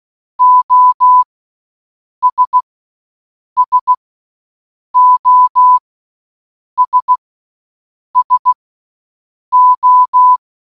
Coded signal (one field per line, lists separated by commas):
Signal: Morse code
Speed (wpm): 16 wpm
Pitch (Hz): 1000 Hz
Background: none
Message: OS SOS SO